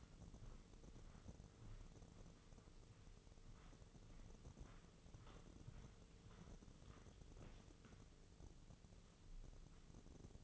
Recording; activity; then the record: daily activity, microphone in the room; walk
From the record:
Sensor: 4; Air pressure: 996.7 hPa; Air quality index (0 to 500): 244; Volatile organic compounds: 378 ppm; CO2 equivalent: 4634 ppm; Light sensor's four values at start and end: 51/124/51/51 and 50/123/51/51